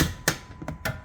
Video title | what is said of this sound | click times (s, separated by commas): How To Install N2ITIVE'S Brand New SX-P2 Adjustable Rear Camber Arm For Tesla S/X Plaid & Long Range | and there's our click. | 0.3 s